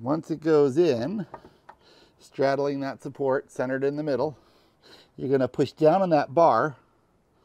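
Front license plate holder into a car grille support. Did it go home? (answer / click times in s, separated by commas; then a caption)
no / none. A front license plate holder is handled as it is set straddling the center support in a car's grille, centered in the middle, ready for its bar to be pushed down to lock it into place. Someone talks throughout, with only faint handling sounds between phrases. Nothing has seated or clicked yet.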